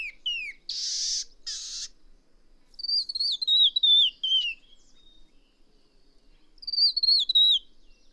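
Bird song: a few falling whistles, two harsh buzzy rasps, then two series of clear whistled notes slurring steadily downward in pitch.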